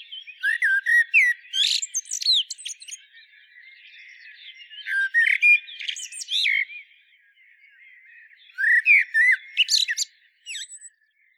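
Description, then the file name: Common blackbird song: three phrases of rich whistles trailing into high squeaky twittering, separated by quieter spells of soft chirps. "Turdus merula"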